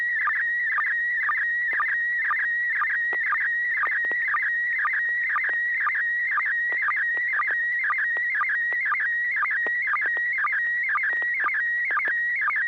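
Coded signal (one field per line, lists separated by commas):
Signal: SSTV (slow-scan television)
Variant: PD120 mode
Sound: warbling high tone with steady rhythmic chirps about twice a second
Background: low steady hum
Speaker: i have a picture i'd like to send it in pd120 it's got some fine detail in it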